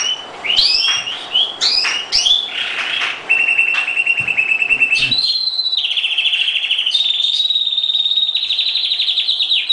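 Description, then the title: Oriental magpie-robin singing varied swooping whistles at first, then settling into long, even, rapidly pulsed trills at a steady pitch. "Kicau Kacer Durasi Panjang 1jam Lebih"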